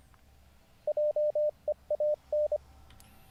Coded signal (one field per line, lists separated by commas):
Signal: Morse code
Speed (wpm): 25 wpm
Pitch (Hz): 600 Hz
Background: radio noise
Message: JEAN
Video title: How to Learn Morse Code (Day 41) [Livestream]